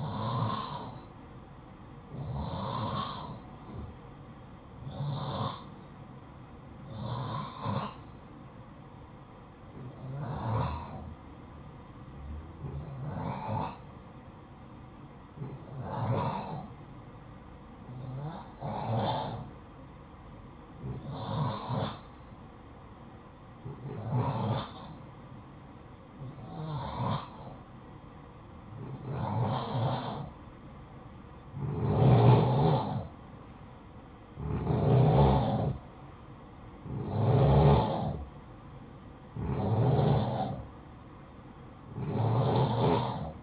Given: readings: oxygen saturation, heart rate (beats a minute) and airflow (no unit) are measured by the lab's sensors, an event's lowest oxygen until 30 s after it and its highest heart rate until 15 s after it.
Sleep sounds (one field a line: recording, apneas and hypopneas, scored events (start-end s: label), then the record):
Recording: breathing in sleep by a smartphone at the bedside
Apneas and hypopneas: 1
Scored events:
5.00-37.70 s: hypopnea (N2, oxygen 91% highest, then 87% lowest, heart rate 55 at the start, 64 highest)
From the record:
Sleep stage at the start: N2 (light sleep)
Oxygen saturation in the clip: 89 to 91%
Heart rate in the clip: 51 to 64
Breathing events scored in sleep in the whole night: 573 in 9.8 hours asleep